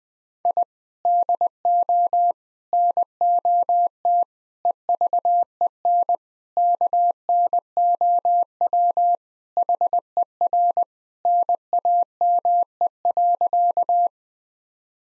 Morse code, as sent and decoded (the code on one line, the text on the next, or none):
.. / -.. --- / -. --- - / . ...- . -. / -.- -. --- .-- / .... . .-. / -. .- -- . .-.-.-
I DO NOT EVEN KNOW HER NAME.